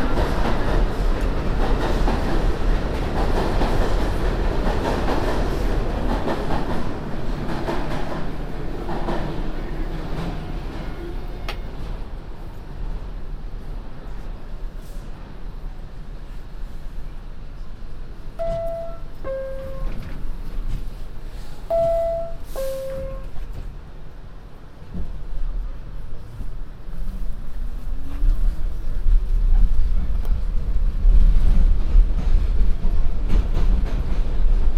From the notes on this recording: A binaural field recording, from the Queens Museum to my apartment in Harlem via the MTA